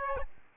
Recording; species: mosquito wingbeat signal from an infrared sensor; Aedes albopictus